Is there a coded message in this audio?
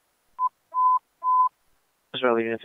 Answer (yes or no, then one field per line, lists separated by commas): no